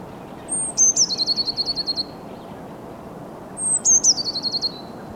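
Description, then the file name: Eurasian blue tit: two phrases about three seconds apart, each of high thin notes followed by a fast stuttering run of lower notes. "Cyanistes caeruleus"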